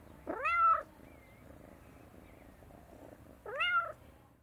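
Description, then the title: Cat meowing, two short wavering meows about three seconds apart, quiet hum between them. "Sonoteca de México - Animales. GATO MAULLANDO 1"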